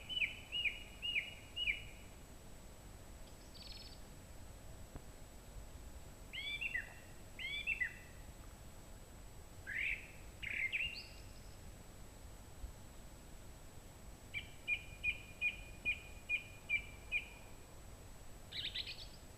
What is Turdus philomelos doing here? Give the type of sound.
song